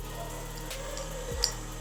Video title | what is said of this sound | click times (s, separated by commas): Moonstar - Ev Tipi Düz Dikiş Makinesi 36 Desenli / Model 990P - Ürün Tanıtımı | çıt diye bir ses gelecektir Az önce görmüş olduğunuz üzere | 1.4 s